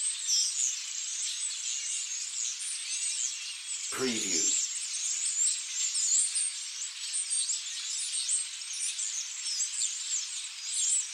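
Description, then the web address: Starlings chattering as a dense flock, a continuous wash of high squeaks, whistles and creaks, with one brief low thump about four seconds in. "sound-effects-bible Birds Starlings"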